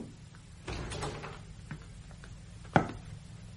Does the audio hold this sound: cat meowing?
no